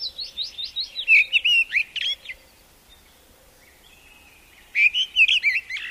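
Bird song of rapid chirps and warbling trills, a burst of twitters, a pause with a faint drawn-out whistle, then another lively chattering phrase.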